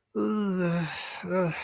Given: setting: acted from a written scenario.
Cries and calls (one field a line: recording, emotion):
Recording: vocal sound without words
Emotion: distress